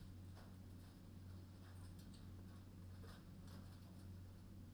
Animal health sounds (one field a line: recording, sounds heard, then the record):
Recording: poultry house recording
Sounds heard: no chicken sound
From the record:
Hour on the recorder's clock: 21